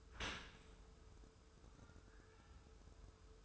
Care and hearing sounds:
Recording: daily activity, microphone in the room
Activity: open dishwasher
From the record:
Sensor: 2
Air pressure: 1014.8 hPa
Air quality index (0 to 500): 26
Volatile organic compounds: 1 ppm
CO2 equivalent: 510 ppm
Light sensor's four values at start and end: 10/23/9/10 and 10/23/9/10

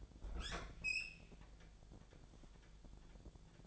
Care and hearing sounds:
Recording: daily activity, microphone in the room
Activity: open fridge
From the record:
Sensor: 5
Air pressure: 1000.1 hPa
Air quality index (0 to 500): 106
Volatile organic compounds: 1 ppm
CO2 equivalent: 854 ppm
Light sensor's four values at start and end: 226/540/229/250 and 228/544/231/252

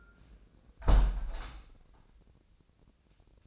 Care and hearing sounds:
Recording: daily activity, microphone in the room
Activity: close window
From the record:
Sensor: 2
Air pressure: 1012.1 hPa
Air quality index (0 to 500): 92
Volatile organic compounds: 1 ppm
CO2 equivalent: 702 ppm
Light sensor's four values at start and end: 111/265/110/110 and 112/268/111/110

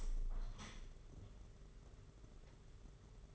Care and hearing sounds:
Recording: daily activity, microphone in the room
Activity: open window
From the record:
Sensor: 4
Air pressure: 992.1 hPa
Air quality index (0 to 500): 102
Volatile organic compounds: 13 ppm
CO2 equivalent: 2428 ppm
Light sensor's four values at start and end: 22/77/28/30 and 23/78/28/30

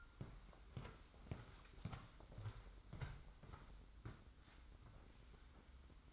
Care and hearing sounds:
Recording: daily activity, microphone in the room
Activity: walk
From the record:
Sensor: 3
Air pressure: 990.7 hPa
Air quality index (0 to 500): 171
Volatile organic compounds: 1000 ppm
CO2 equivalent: 5546 ppm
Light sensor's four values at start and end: 36/86/35/33 and 35/84/34/32

